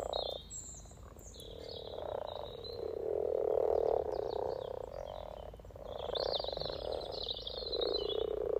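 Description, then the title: Frog chorus of swelling, purring croaks, some long and loud, with birds chirping throughout. Spring chorus of 20 frogs in a sunny garden pond, some floating or sitting on fresh frogspawn, greeting arriving females; Freshfield, Formby, Merseyside, UK, sunny St Patrick's Day, 17 March 2023. "Frog Chorus Spring sounds first Lunch outside St Patrick’s day 17 March 2023 . Freshfield, Formby"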